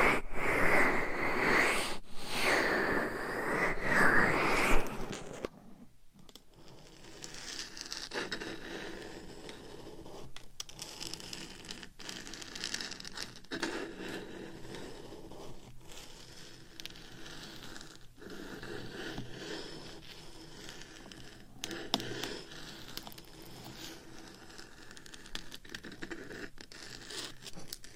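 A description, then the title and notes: Nails scratch and rub across a microphone cover, loud and dense for the first five seconds with rasping, zipper-like strokes. After a brief pause, quieter scratching and brushing continues steadily, broken by occasional sharp taps and louder swipes around 10, 13, 18 and 22 seconds. ASMR Mic Scratching , Tapping & Massage with 15 DIFFERENT MICS Covers & Nails No Talking.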